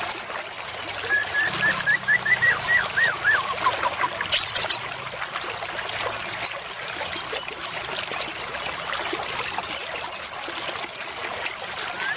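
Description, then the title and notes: White-rumped shama song: a quick string of whistled notes early on, then only a steady hiss. Murai batu song used as a lure (pikat). "MB Pikat Jitu.. Suara Mantap. murai batu"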